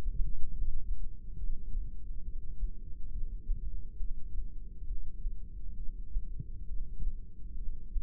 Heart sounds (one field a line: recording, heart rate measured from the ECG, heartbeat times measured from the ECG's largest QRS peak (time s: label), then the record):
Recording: heart sounds by microphone in the right ear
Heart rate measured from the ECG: 68 bpm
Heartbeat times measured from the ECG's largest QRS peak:
0.53 s: heartbeat
1.37 s: heartbeat
2.24 s: heartbeat
3.11 s: heartbeat
3.99 s: heartbeat
4.86 s: heartbeat
5.77 s: heartbeat
6.68 s: heartbeat
7.57 s: heartbeat
From the record:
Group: heart failure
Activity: rest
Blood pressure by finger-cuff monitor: 130/97 mmHg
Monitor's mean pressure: 110 mmHg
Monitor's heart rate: 68 bpm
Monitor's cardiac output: 5.9 L/min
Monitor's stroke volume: 85 mL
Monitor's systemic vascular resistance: 1400 dyn s/cm5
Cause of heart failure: idiopathic cardiomyopathy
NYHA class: 1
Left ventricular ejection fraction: 50%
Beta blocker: bisoprolol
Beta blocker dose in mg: 5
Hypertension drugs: candesartan, spironolactone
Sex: male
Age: 54 years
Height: 180 cm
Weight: 94.6 kg